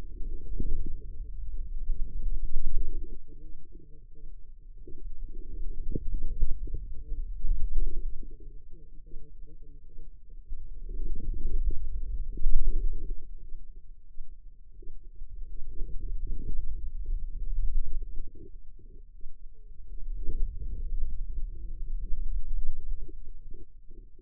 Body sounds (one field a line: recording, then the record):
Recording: forearm muscle sounds (acoustic myography)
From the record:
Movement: wrist extension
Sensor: system 2, bracelet of six BSWA MPA416 microphones around the upper forearm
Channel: 2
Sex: female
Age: 25 years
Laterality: right